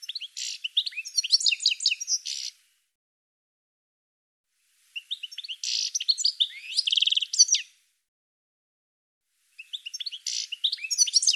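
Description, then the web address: Bird song in three bursts of rapid, varied high chirps, trills and buzzy notes, each lasting about two to three seconds and separated by silent gaps. "cianscape birddata Deverinetal 2025 File cleaned normalized Bird"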